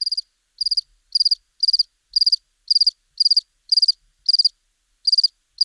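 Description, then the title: House cricket chirping: short bursts of three or four rapid high pulses repeated about twice a second, with a brief irregular pause near the end; no other sounds. Buoux, Vaucluse, May 2001. "Sylvain Jaskowiak - Animus. Grillon domestique - Buoux, Vaucluse - mai 2001"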